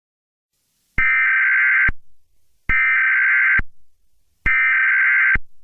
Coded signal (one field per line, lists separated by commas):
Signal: Emergency Alert System (SAME) tones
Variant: header bursts